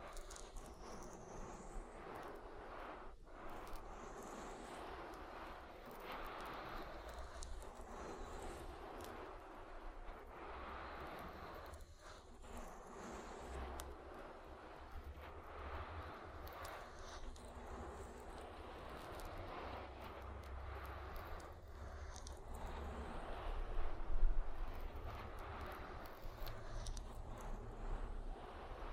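An oily ear massage makes a dense, steady rubbing and squishing rumble with brief pauses near 3 and 12 seconds, swelling louder around 24 seconds.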